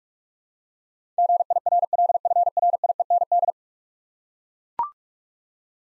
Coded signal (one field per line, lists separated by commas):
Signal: Morse code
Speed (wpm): 44 wpm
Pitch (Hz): 700 Hz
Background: none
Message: GIRLFRIEND